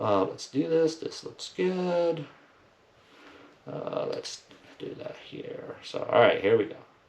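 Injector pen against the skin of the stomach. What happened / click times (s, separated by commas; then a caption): Handled, not yet clicked: no click from the small plastic device / none. Someone talks while handling a single-use plastic Mounjaro injector pen, getting ready to press it against the skin of the stomach for an injection that should give two clicks: one as the needle goes in and one as it retracts. Only talking and faint handling sounds are heard. Nothing has clicked yet.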